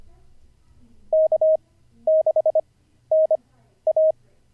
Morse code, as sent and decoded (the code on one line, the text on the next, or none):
-.- -.... -. .-
K6NA